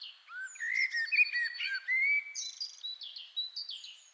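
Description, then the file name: Common blackbird giving a continuous fluted warble that flows into a series of high, thin twittering notes. "Turdus merula"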